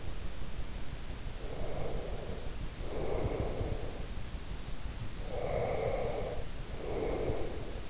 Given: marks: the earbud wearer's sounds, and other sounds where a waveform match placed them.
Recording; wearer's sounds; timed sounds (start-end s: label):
sounds in sleep by an in-ear microphone; breath
1.39-4.08 s: breath
5.22-7.90 s: breath